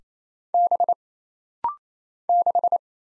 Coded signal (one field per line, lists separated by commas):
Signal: Morse code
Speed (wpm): 27 wpm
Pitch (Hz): 700 Hz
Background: none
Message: B 6